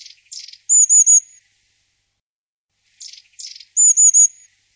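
Bird calls: a couple of short buzzy notes followed by a high, wavering three-part whistle, given twice about three seconds apart, with silence in between.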